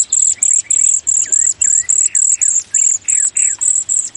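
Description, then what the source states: Cedar Waxwing calls: a rapid string of very high, thin notes, several each second, with softer, lower slurred whistles alongside. Communal feeders in small flocks; high-pitched trills and buzzy calls used to keep track of each other rather than to hold feeding territories.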